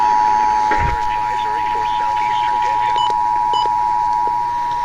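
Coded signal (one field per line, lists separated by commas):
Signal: Emergency Alert System (SAME) tones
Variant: 853 and 960 Hz attention tone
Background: speech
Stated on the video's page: Real severe thunderstorm warning alerts received from WBAP-AM 820 and KYDA-FM 101.7.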